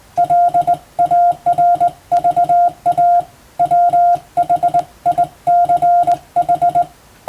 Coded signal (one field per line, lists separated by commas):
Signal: Morse code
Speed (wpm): 20 wpm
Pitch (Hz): 700 Hz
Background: none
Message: LARVA WHICH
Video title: 無線従事者国家試験総合無線通信士電気通信術のトレーニングにＣＷを打ってみました。アマチュア無線ハムの受信練習にもどうぞ(morse code practice for radio operator )